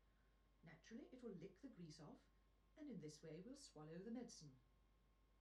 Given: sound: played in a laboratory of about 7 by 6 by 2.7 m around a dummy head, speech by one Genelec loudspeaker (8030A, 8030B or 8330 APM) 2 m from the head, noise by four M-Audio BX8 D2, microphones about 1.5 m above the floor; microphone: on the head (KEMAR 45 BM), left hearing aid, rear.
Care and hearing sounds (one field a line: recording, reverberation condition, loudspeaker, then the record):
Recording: female speech in English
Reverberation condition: low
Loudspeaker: 120 degrees to the right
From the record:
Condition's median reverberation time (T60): about 310 ms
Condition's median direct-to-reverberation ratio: about 3.5 dB